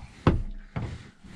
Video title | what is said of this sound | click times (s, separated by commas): Goodbye Dinette - RECPRO 70'' Charles Reclining Loveseat Assembly | you know you're locked in and you're good | 0.3 s